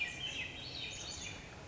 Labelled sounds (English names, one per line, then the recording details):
Swainson's Thrush
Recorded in Sonoma County, California